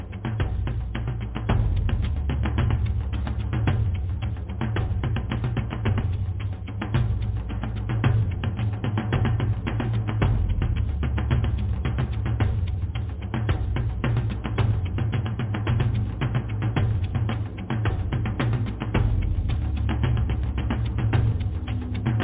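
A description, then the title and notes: Drumming, fast and dense, with hits packed closely together and no pauses across the whole stretch. Heavy, deep thumps dominate under lighter, quicker taps, and the sound is dull with little brightness. The level stays steady throughout. DRUMMING.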